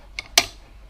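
A folding side number plate bracket for a Harley-Davidson Sportster 48 is swung on its pegs on the motorcycle side mount until the peg detent locks it into the folded or flat position. A faint click sounds at 0.2 s, followed by a sharper, louder click at 0.4 s with a brief ringing tail. The detent clicks into place and the bracket seats.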